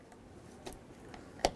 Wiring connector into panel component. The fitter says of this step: Listen for a click, give it a tug.